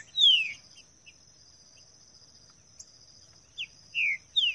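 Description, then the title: Green-winged saltator song: a few clear, downward-slurred whistles, with a long gap after the first, over a steady high insect buzz. Bird singing in the bush; meant to warm up a kept bird into singing; voice 08. "Canto De Trinca Ferro Voz 08. TRINCA FERRO CANTANDO NO MATO"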